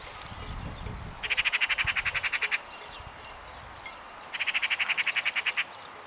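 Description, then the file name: Eurasian magpie chattering in two harsh rattling bursts of fast, grating notes, each over a second long, separated by a pause of about two seconds; faint low rumble beforehand. "Skata"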